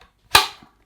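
A plastic push-fit accessory is pushed back onto the nozzle of a dreame Cordless Vacuum T30 cordless hand vacuum. One sharp, loud snap at 0.4 s rings briefly and fades, followed by a faint tick. The accessory is seated.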